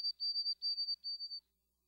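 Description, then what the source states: White-throated Sparrow whistled notes: a quick series of pure, high, evenly pitched triplets running for about a second and a half, then quiet. Song described as a sweet whistle of one or more introductory notes followed by a series of triplets, 'peepity, peepity, peepity'; forms vary.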